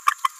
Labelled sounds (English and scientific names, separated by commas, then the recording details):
Green-rumped Parrotlet (Forpus passerinus) babbling
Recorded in a nest box in Venezuela
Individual 18B17A4